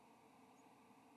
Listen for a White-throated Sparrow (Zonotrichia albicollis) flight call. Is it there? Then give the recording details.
no. Another species' flight call is heard. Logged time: 05:05 on 7 November 2014